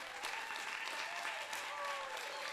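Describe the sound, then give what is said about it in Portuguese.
A crowd claps steadily for Curunguano, the hosting venue, a dense, continuous wash of applause at a fairly even loudness, with faint voices and cheers mixed in underneath. “Dá uma força de palmas igualmente. Palmas para o Curunguano.”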